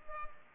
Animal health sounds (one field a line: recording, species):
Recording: mosquito wingbeat signal from an infrared sensor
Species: Culex pipiens